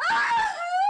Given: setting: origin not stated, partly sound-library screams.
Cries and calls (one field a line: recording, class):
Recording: one-second piece from a danger detection set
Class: woman in danger